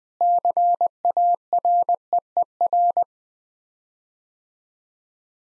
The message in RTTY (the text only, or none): none